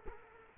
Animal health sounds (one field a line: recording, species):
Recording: mosquito wingbeat signal from an infrared sensor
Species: Culex quinquefasciatus